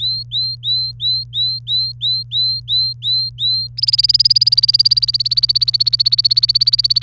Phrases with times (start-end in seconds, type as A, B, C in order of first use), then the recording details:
0.00-3.67 A, 3.77-7.03 B. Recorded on 28 April 2018 at 15:42. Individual llb3